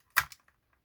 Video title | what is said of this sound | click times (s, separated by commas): suite 2 problème drift manette elite v2 | Ça se déclipse comme ça. | 0.2 s